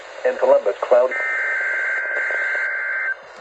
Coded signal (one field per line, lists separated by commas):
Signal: Emergency Alert System (SAME) tones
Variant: header bursts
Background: speech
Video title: EAS 150!!!!!!: Required Weekly Test for the week of 11/15/2021